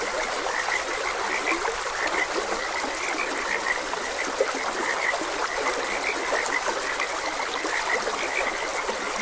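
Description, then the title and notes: Overlapping frog croaks form a steady chorus, short notes repeating rapidly, with a soft steady water sound beneath. Frogs croaking beside a gentle stream. "Gentle Stream and Frogs Croaking. Sleep and Relaxation Podcast"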